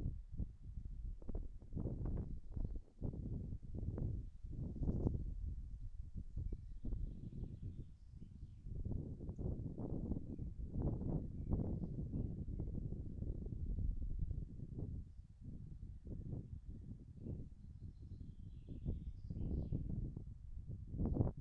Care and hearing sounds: everyday scene through a hearing-aid microphone; wind on the microphone; wind, birds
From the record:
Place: in front of a rural house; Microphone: behind the ear, right, front

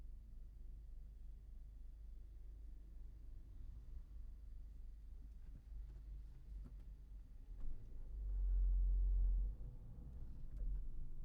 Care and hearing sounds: everyday scene through a hearing-aid microphone; in a vehicle; engine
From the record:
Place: Berlingo II, diesel engine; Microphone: behind the ear, right, front

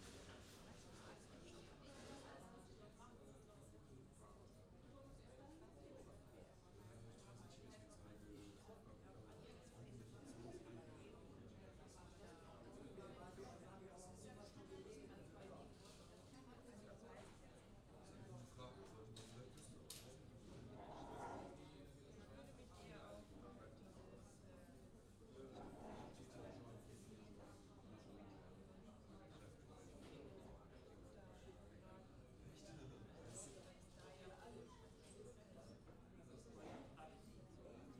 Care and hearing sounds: everyday scene through a hearing-aid microphone; many people talking; many voices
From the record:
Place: university cafeteria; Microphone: in the ear canal, left

